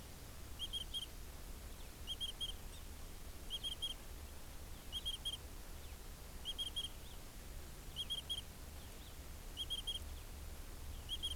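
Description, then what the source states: Insect chirping in short clusters of high pulses, repeated about every one and a half seconds, eight times, over a low steady rumble. Recorded in a pasture.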